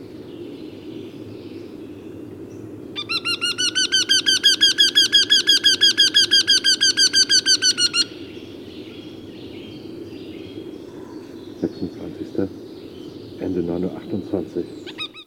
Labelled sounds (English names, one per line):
Eurasian Wryneck call